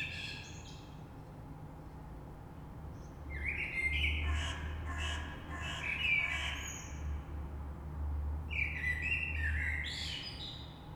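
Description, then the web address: Common blackbird song: two warbled phrases of mellow fluting notes ending in high squeaky twitters, separated by a pause, over a steady low rumble. Recorded on 3 March 2020. "oiseaux Rush Merle 3-3-2020"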